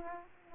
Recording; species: mosquito wingbeat signal from an infrared sensor; Aedes aegypti